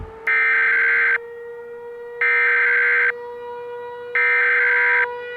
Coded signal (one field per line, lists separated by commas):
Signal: Emergency Alert System (SAME) tones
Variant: header bursts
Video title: my zombie EAS SCENARIO (WIP)